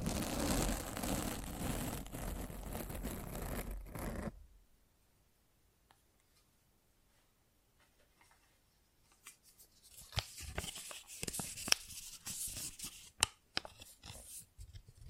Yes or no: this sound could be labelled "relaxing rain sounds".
no